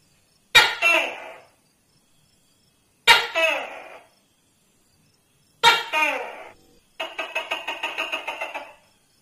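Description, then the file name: Tokay gecko giving three loud two-part barks about two and a half seconds apart, followed by a fast stuttering rattle of short pulses. "tieng tac ke keu"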